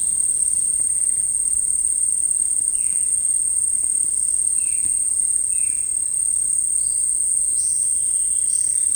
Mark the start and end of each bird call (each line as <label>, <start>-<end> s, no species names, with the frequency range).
bird call (1.5-3.3 kHz), 2.63-3.09 s
bird call (1.9-3.3 kHz), 4.53-4.92 s
bird call (1.6-3.4 kHz), 5.45-5.82 s
bird call (4.0-5.6 kHz), 6.74-7.05 s
bird call (3.9-7.2 kHz), 7.52-7.94 s
bird call (3.7-6.8 kHz), 8.44-8.84 s